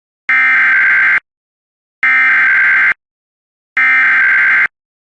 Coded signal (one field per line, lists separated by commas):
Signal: Emergency Alert System (SAME) tones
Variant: header bursts